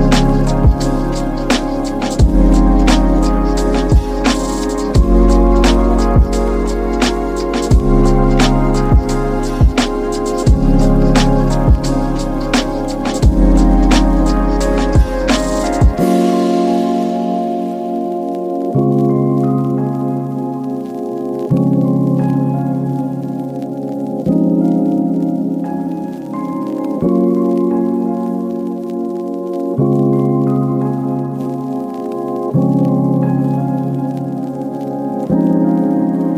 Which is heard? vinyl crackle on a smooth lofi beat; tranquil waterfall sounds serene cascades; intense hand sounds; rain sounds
vinyl crackle on a smooth lofi beat